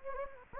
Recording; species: mosquito wingbeat signal from an infrared sensor; Anopheles gambiae